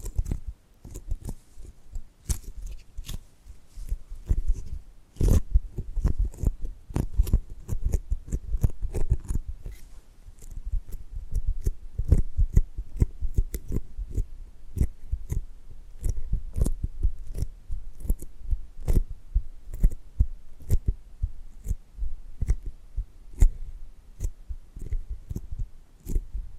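Tapping and gripping sounds: a dense, irregular run of short, sharp clicks and taps continues for the whole stretch, several per second, with a low thudding underneath. A louder knock stands out around five seconds, and the activity thins briefly near ten seconds.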